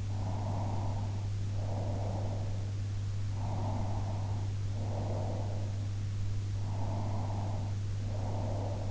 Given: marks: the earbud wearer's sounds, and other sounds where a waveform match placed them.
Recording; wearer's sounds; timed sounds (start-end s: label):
sounds in sleep by an in-ear microphone; breath
0.19-2.65 s: breath
3.32-5.66 s: breath
6.66-8.91 s: breath